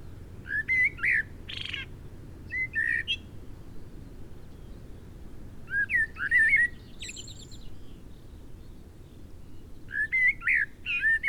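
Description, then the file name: Common blackbird, repeated short fluted warbles mixed with high squeaky notes and chatter, several phrases separated by brief silences. "Turdus merula"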